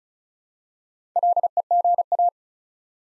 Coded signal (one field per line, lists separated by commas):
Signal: Morse code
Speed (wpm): 36 wpm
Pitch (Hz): 700 Hz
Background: none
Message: LEGA